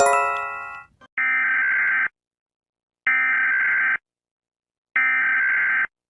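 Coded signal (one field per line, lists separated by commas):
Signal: Emergency Alert System (SAME) tones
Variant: header bursts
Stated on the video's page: Animated EAS alarm.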